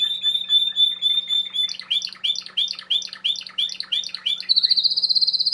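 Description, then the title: Domestic canary song: a steady high trill, then a run of quick rising chirps repeated about three per second, ending in a fast rattling high trill. Male Belgian canary singing a lot, used to train and stimulate young birds. "Esquente Seu Filhote E Canario Belga Em 30 Minutos Macho Cantando Muito"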